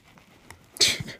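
An adult man sneezes after trying to hold the sneeze in.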